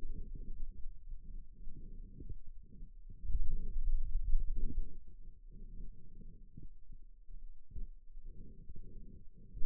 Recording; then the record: forearm muscle sounds (acoustic myography)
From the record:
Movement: finger pinch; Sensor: system 2, bracelet of six BSWA MPA416 microphones around the upper forearm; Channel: 4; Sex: male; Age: 22 years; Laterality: right